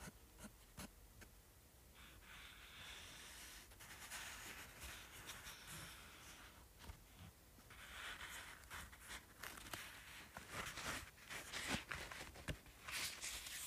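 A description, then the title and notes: Fingers tap and scratch at a paperback book, sharp taps landing irregularly through the clip. Between them come rough, hissy scratching passages, strongest around four seconds and again from eight to thirteen seconds, where dense scraping mixes with quick clustered taps. ASMR Tapping and Scratching Paperback Book.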